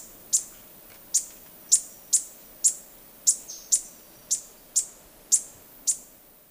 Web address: Natures Songs S America Birds of Ecuador Violet-tailed Sylph